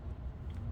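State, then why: Not seated. A large motor cable connector on a Haibike e-bike with a Yamaha PW-X2 motor is handled as it is brought to its mating plug, over a steady low rumble with no sharp sounds. Nothing has seated or clicked yet.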